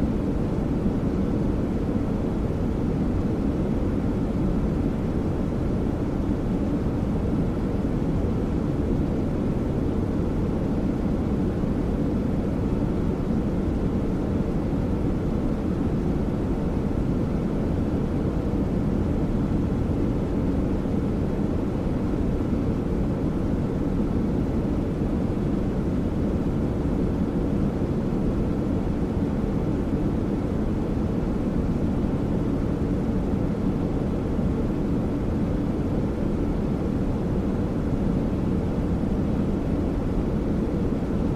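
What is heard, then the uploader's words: A steady white noise sound, weighted heavily toward the low end, so it comes across as a deep, even rumble rather than a hiss, much like an engine or cabin drone. Volume stays level throughout, with no separate events or breaks. White Noise Sound For Sleep.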